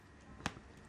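A press-fit pocket/cap clip is pulled off the body of an Olight Perun 2 flashlight with both hands. It releases with one sharp snap at 0.5 s, then fades into a low background. The clip comes off, since it is held on only by pressure.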